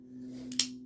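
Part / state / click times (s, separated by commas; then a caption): knife blade into its open lock / seated / 0.6 s. A folding pocket knife is flipped open, and the blade snaps out into its open lock after an earlier attempt failed to catch. A soft tick near 0.5 s is followed by a sharp, ringing lock-up click at 0.6 s over a steady low hum. The blade locks up cleanly with no issue.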